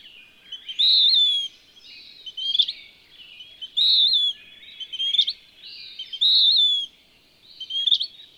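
Western wood-pewee song: long, burry falling notes alternating with shorter phrases ending in an abrupt upward flick, spaced with brief silences.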